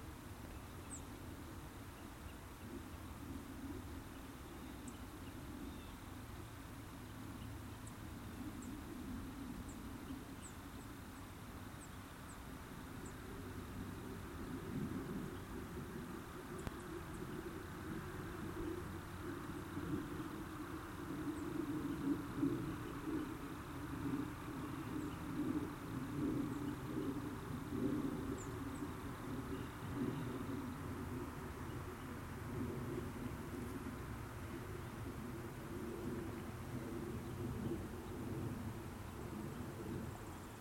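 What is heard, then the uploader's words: Outdoor ambience on a walk in a forest, with a steady low rumble throughout, likely a vehicle or road, swelling somewhat after about fifteen seconds. Faint, brief bird chirps appear sporadically, most often in the first half. Walk in Pennsylvania. A walk in Michaux State Forest.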